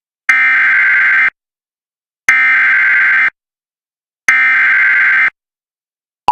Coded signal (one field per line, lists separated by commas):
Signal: Emergency Alert System (SAME) tones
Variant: header bursts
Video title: US Emergency Alert Systems 2026 (part 3)